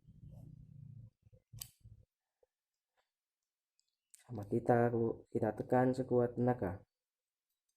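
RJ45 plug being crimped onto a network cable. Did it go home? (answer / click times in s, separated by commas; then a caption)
no / none. A crimping tool is squeezed hard onto a plastic RJ45 plug on a LAN cable, pressing the contacts down, with low handling noise and a couple of sharp snaps, including one near 1.6 s. Someone talks through the second half. The connector has not yet seated or clicked home.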